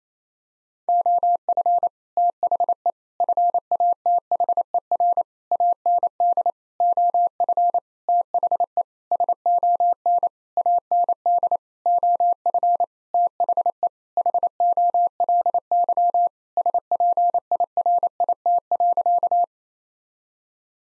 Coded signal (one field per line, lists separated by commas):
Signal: Morse code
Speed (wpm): 27 wpm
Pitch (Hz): 700 Hz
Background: none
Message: OF THE FATHER AND OF THE SON AND OF THE HOLY SPIRIT.